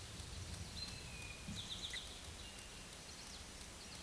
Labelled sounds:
Eastern Towhee song
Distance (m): 60 m
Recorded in a Pennsylvania forest on 17 May 2023 at 13:26
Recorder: AudioMoth, point grid1_35_low
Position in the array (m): 111 m, 106 m

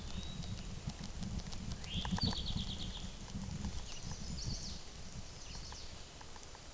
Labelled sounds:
Eastern Towhee song
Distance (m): 50 m
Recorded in a Pennsylvania forest on 17 May 2023 at 12:52
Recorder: AudioMoth, point grid1_28_low
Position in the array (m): 112 m, 103 m

